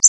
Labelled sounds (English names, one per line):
Connecticut Warbler flight call